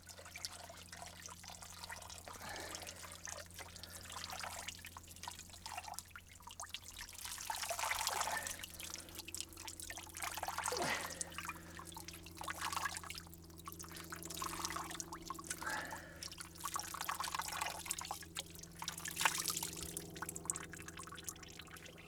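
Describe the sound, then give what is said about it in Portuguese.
Water trickles and drips steadily off soaked goat skins for a bass drum, a continuous splashy patter with brief louder spurts over a low, steady hum. “Esta aqui está escorrida.”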